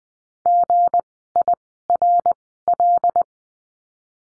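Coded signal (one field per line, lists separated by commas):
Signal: Morse code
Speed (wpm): 20 wpm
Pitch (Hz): 700 Hz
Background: none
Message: GIRL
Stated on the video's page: Morse code course lesson on the letter G, words sent at Farnsworth speed of 20/10 wpm.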